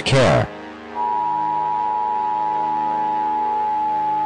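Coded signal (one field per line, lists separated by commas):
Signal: Emergency Alert System (SAME) tones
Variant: 853 and 960 Hz attention tone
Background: speech, music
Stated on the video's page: Fictional EAS scenario made for entertainment, using valid SAME tones; loud.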